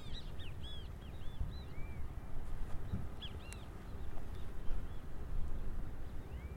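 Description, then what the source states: Yellow-chested birds chirping in arched, squeaky notes in the first seconds, then sparse single calls, against a strong low rumble. A noisy species of yellow-chested birds recorded in St. George, Bermuda.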